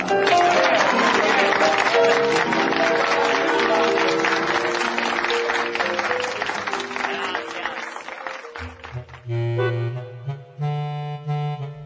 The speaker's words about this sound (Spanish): Quiero pedir que se sacrifiquen y aplaudan a este colega mío llamado Antonio Gasalla.